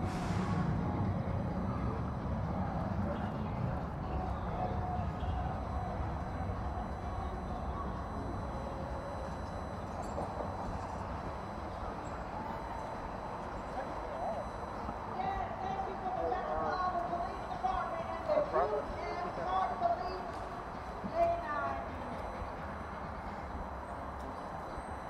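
An outdoor city square carries a steady low rumble of traffic, with scattered voices talking and occasional brighter sounds near the end.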